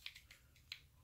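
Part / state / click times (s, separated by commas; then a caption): toy figure's leg joints into the hip/body / not seated / none. Someone pulls the legs out of the hip joints of a vintage plastic Transformers Hot Rod transforming toy car, making a series of light, sharp plastic clicks and taps, with the sharpest at about 0.1 s and 0.7 s. The legs are only being handled, and nothing has seated or clicked into place yet.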